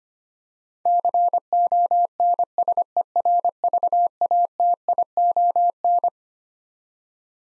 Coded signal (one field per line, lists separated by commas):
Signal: Morse code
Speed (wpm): 25 wpm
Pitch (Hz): 700 Hz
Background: none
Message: CONSERVATION